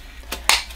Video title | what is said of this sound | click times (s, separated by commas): Easine By Ilife G80 Cordless Vacuum Cleaner Review and Demonstration | and again clicks into place so i'll just show you on top of the vacuum because you've got quite a few | 0.5 s